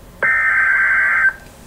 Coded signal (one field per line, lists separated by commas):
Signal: Emergency Alert System (SAME) tones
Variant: header bursts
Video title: MOCK EAS: Tornado Emergency for Wichita, Kansas!